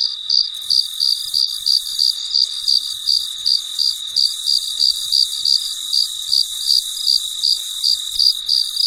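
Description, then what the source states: High, pulsing cricket chirps repeat steadily at around three per second above a continuous shrill insect chorus. Recorded late at night, in deep quiet.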